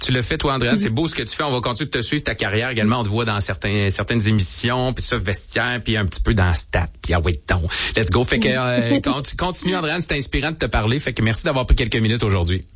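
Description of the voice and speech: An adult man speaks in Quebec French with fluent, steady conversational speech, closing a radio interview and thanking his guest. His voice is low-pitched, clear and lively, with brief natural pauses and no stuttering, slurring or hoarseness: ordinary speech.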